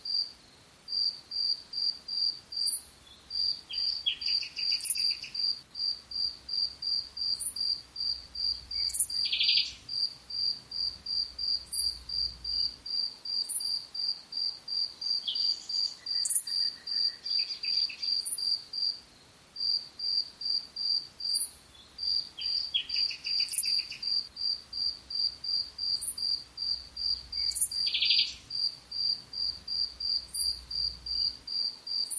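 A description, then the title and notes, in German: Crickets chirp at night in a fast, steady, high-pitched pulse that runs nearly the whole time, pausing briefly around 9 and 19 seconds. Soft bird twitters and chirps break in every few seconds above it, with a faint low rumble underneath. Grillen zirpen nachts mit leisem Vogelgezwitscher. Es ist die Wiederholung des immer gleichen rhythmischen Geräusches. Grillenzirpen Sound & Vogelzwitschern in der Nacht.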